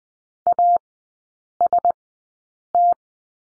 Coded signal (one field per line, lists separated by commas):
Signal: Morse code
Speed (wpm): 19 wpm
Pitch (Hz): 700 Hz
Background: none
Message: AST